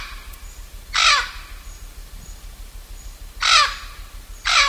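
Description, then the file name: Blue-fronted amazon uttering three separate harsh, grating squawks spaced a second or more apart, with a faint low hum beneath. "blue fronted parrot"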